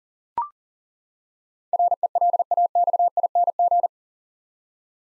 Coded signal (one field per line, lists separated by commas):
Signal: Morse code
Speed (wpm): 40 wpm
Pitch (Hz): 700 Hz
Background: none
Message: RELAXING